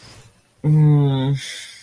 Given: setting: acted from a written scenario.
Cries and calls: vocal sound without words; shame

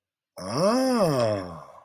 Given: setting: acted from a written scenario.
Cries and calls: vocal sound without words; realization

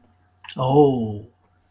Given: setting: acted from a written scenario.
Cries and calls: vocal sound without words; realization

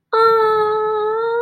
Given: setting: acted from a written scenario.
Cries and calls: vocal sound without words; adoration

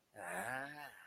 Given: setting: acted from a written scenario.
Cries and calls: vocal sound without words; sympathy

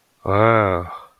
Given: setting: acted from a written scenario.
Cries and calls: vocal sound without words; awe

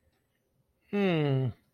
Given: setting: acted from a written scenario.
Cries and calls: vocal sound without words; adoration

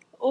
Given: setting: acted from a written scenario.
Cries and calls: vocal sound without words; ecstasy

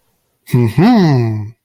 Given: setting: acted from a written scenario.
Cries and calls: vocal sound without words; pride

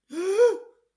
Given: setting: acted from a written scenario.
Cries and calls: vocal sound without words; fear

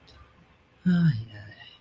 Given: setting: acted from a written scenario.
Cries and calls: vocal sound without words; romantic love

